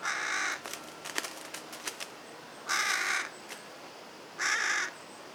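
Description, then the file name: Carrion crow cawing three times, harsh and raspy, spaced irregularly over five seconds, with scattered clicks and rustling between calls. "Corvus corone"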